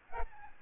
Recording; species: mosquito wingbeat signal from an infrared sensor; Aedes albopictus